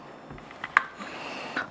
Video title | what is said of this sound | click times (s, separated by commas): Eufy E110 Smart Lock - Full Unboxing & Installation | that'll just snap right in place | 0.8 s